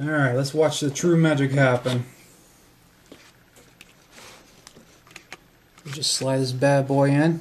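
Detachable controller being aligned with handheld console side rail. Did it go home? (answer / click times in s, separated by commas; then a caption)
no / none. Someone talks, then a plastic detachable controller is handled and lined up with the side rail of a Nintendo Switch handheld console just before being slid in, making only small, faint handling ticks around 3.8 to 5.3 seconds. Nothing has seated or clicked yet, and someone talks again at the end.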